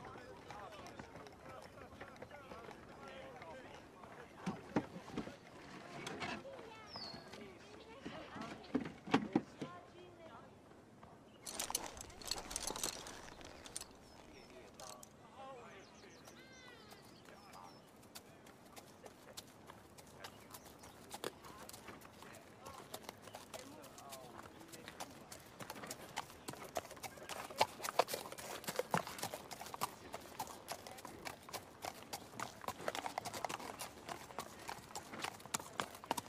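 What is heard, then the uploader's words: Murmured chatter mixes with steady horse clip-clops and cart clatter through a quiet medieval town, with louder bursts around eleven and twenty-eight seconds. Animals (sheep/chicken/horse/dog). Quiet medieval town. Distance music/chatter/horse cart.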